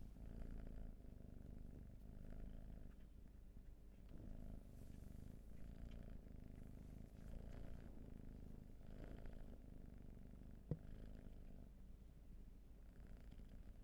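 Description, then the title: Cat purr, a continuous low rumble swelling in soft waves every couple of seconds, with one sharp click near the end. Purring; raw field recording. "Field Recs Purrathon RAW"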